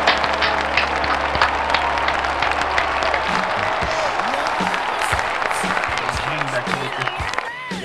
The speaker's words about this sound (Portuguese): Palmas pra ele.